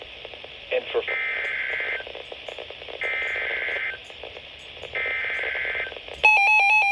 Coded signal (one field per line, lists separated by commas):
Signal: Emergency Alert System (SAME) tones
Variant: header bursts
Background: speech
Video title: 4th SVR Of The Day (EAS#152)